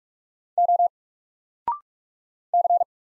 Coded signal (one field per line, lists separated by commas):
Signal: Morse code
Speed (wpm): 44 wpm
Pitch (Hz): 700 Hz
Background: none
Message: O C